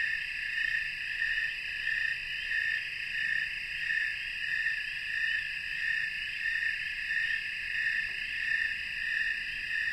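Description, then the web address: Snowy tree cricket chorus, a steady high-pitched pulsing of many crickets calling together, without pause. Chorus of snowy tree crickets, North America. "Songs of Insects. Snowy Tree Cricket chorus"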